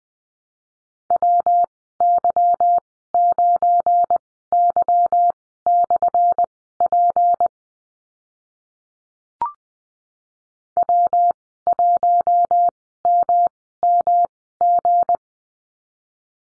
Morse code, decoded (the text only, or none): WY9Y/P W1MMG